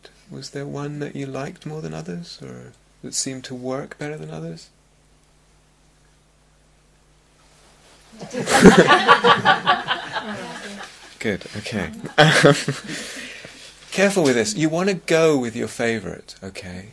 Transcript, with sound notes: Was there one that you liked more than others, or that seemed to work better than others? [laughter] Good, okay. Careful with this. You want to go with your favourite, okay?